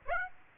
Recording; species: mosquito wingbeat signal from an infrared sensor; Aedes aegypti